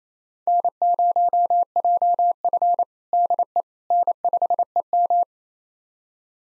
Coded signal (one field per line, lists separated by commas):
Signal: Morse code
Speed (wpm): 27 wpm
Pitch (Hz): 700 Hz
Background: none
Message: N0JF DE N5EM